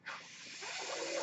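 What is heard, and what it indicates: A steady, airy hiss of rushing air swells slightly over about a second, with no voice or other sound. It is the airflow of a personal mechanical ventilator delivering a breath.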